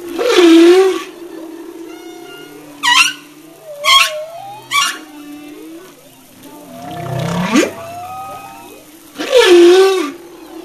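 Humpback whale song phrase: loud harsh cries at start and end, three short rising whoops between, and a low groan sweeping upward.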